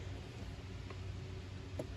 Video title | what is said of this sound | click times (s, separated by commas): Fixing the directional switch on a heavy duty black and decker drill | Yeah, it's just kind of camming out. | 0.9 s, 1.8 s